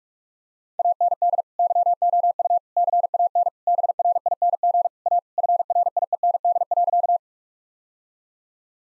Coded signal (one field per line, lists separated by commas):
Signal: Morse code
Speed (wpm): 46 wpm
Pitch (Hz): 700 Hz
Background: none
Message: AND YOU CAN BRING A FRIEND.